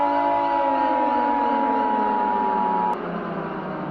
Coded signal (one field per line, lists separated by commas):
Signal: Emergency Alert System (SAME) tones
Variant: 853 and 960 Hz attention tone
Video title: EAS Scenario - Frederick County Fire Scenario (PART 2)